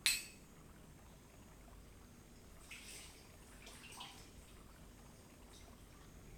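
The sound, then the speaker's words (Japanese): Gentle, steady water lapping in an open-air hot spring bath shared by two people having an evening drink from small sake cups, with a few soft splashes and a sharp clink at the very start; quiet throughout, no voices. “露天風呂で晩酌を”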